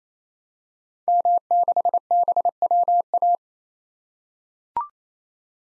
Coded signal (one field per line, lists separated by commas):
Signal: Morse code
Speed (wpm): 28 wpm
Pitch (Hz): 700 Hz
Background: none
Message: M6BWA